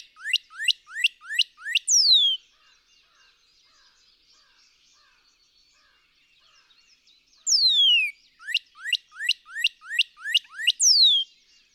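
Northern cardinal song: series of rising whistles ending in a slur, a quiet gap, then a falling whistle, rising notes and another slur.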